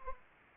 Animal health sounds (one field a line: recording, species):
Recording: mosquito wingbeat signal from an infrared sensor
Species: Anopheles arabiensis